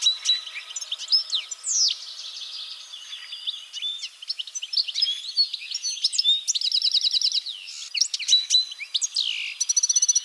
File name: Carduelis carduelis